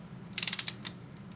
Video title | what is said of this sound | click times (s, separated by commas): installing restored GSXR generator cover. | now I want you to listen for this click | 0.4 s